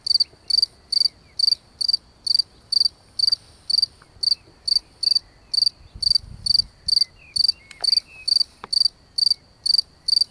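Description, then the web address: Cricket chirps, short high pulsed bursts repeated steadily about twice per second, with a brief soft low rumble midway. Recorded during an evening walk. "Abendspaziergang. Grillen"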